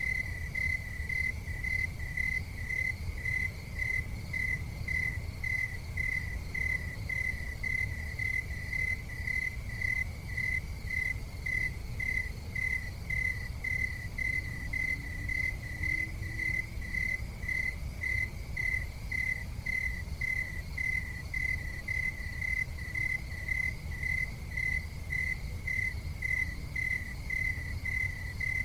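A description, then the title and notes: Crickets chirp in a fast, steady pulse at a single bright pitch, continuing without pause for the whole half minute. Underneath, a low city rumble holds constant, with a faint passing hum rising and falling around the middle. Crickets in the City Ambient Noise.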